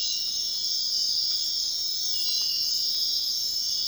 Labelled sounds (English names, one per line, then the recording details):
none
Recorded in dense forest near Puerto Asís, Putumayo, Colombia, on 18 February 2024 at 05:00
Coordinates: 0.499, -76.324
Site G6469